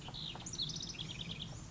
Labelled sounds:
House Wren (Troglodytes aedon)
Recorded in Sonoma County, California

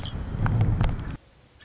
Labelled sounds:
Red-winged Blackbird (Agelaius phoeniceus)
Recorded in Sonoma County, California

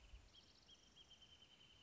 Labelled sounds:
Wrentit (Chamaea fasciata)
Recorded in Sonoma County, California

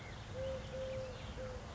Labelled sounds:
Eurasian Collared Dove (Streptopelia decaocto)
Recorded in Sonoma County, California

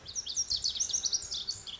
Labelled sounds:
Lazuli Bunting (Passerina amoena)
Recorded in Sonoma County, California

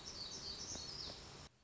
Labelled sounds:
Black-throated Gray Warbler (Setophaga nigrescens)
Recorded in Sonoma County, California

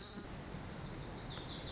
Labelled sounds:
Lazuli Bunting (Passerina amoena)
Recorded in Sonoma County, California

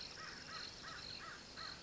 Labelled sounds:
American Crow (Corvus brachyrhynchos)
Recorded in Sonoma County, California

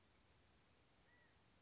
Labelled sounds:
California Quail (Callipepla californica)
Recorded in Sonoma County, California

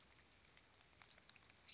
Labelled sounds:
Western Tanager (Piranga ludoviciana)
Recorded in Sonoma County, California

